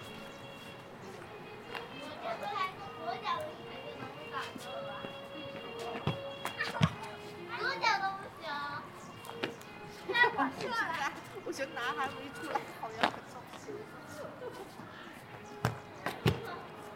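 At Ditan in Beijing, overlapping voices talk steadily over a low, constant murmur, with several speakers rising and falling in pitch. Sharp knocks or taps cut through now and then, clustering around six to seven seconds and again near the end.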